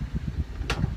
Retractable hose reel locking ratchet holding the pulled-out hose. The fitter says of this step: where it locks right there and so that makes it perfect